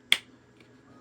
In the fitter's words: So, we heard that final click.